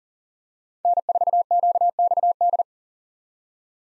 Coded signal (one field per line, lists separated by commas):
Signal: Morse code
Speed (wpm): 40 wpm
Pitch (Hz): 700 Hz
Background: none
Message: N4QXD